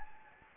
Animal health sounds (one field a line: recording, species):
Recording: mosquito wingbeat signal from an infrared sensor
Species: Anopheles gambiae